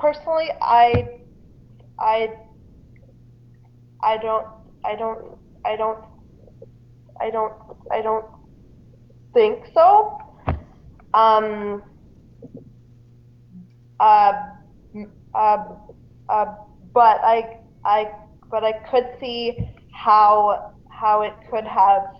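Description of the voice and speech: Adult female speaker who stutters. Many long pauses, prolonged sounds, and repeated words and phrases, such as "I", "I don't", "uh" and "but I", before the words come out.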